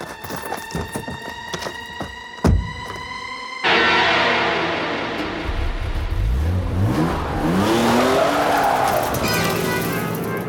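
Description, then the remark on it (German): A car engine catches and revs hard, its pitch rising and falling in sweeping surges as the vehicle speeds away, with tires squealing and a steady, loud roar throughout, no voices present. “Halt ihn auf, bevor er beim Auto ist! Der Zündschlüssel. Wo ist der Zündschlüssel?”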